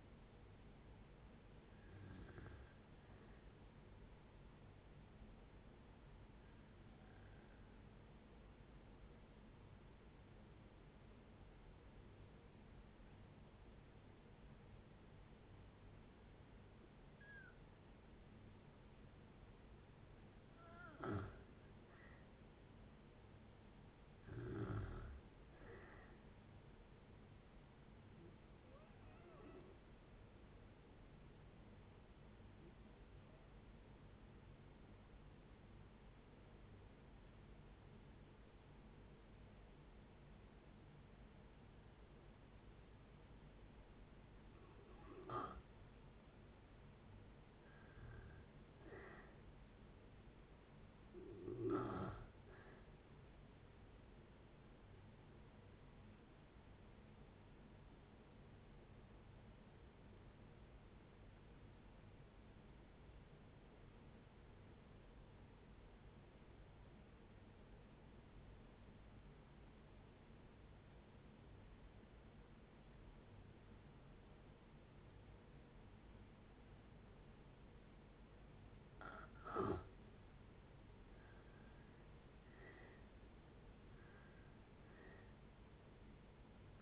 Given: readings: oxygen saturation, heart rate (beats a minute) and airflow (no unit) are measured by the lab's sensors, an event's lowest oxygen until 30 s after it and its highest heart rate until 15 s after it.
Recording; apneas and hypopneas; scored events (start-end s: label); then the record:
breathing in sleep by a voice recorder at the bedside; 3
4.00-22.90 s: hypopnea (N1, oxygen 95% highest, then 86% lowest, heart rate 63 at the start, 69 highest)
14.00-74.00 s: new sleep stage, N2 (light sleep)
30.00-46.70 s: hypopnea (N2, oxygen 94% highest, then 86% lowest, heart rate 69 at the start, 69 highest)
60.00-80.60 s: obstructive apnea (N2, oxygen 94% highest, then 78% lowest, heart rate 65 at the start, 76 highest)
74.00-86.82 s: new sleep stage, N1 (lightest sleep)
From the record:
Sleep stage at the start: N1 (lightest sleep); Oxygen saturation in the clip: 85 to 95%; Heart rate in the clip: 57 to 75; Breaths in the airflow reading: 15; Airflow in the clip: -7.4 to 8.2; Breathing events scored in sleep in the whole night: 496 in 5.4 hours asleep